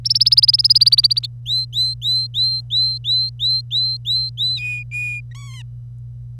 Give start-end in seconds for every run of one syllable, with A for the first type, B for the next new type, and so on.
0.05-1.27 A, 1.46-4.57 B, 4.59-5.21 C, 5.31-5.62 D